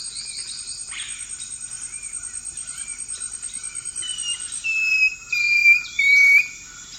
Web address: Natures Songs S America Eastern Lowlands 270 Long-tailed Woodcreeper